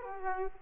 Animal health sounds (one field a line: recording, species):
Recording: mosquito wingbeat signal from an infrared sensor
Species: Aedes aegypti